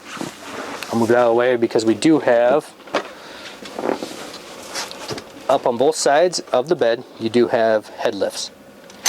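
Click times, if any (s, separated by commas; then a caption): none. Someone talks while handling the head lift on the bed of a Winnebago Travato 59KL, with a few brief knocks and rustles between the words. The head lift has not yet clicked or locked into place by the end of the clip.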